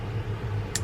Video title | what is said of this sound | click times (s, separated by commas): The Best How-To Video: Step-by-Step Webasto Heater Install Part 1 (Van Life Build) | Snaps right in. | 0.8 s